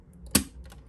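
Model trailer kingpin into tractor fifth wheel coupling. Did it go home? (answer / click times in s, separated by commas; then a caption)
yes / 0.4 s. The kingpin of a 1/50 scale WSI diecast model trailer is pushed onto the fifth wheel of a 1/50 scale Volvo FH 6x2 model truck. After a few faint ticks, one sharp, loud click at 0.4 s marks the kingpin locking in, followed by quieter ticks near 0.7 s and 0.9 s. The trailer is seated and coupled to the fifth wheel.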